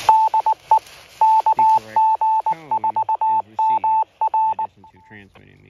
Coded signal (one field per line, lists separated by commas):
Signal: Morse code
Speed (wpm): 19 wpm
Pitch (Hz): 880 Hz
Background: speech, radio noise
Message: DE KG4MR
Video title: Retevis RT1 VHF FM Transceiver Intermod Rejection Performance On 2 Meter Amateur Band FM 2m FM Ham